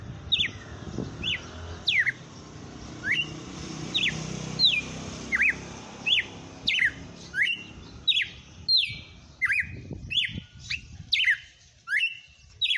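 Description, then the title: Red-cowled cardinal song: a steady series of sharp, clear whistled notes, some sliding down and some rising, about one or two per second, with low background rumble. Female bird named Fenrir, singing in front of a customer. "Canto Galo Campina Fêmea. Galo de campina cantando na cara do FREGUÊS - Esse é o FENRIR"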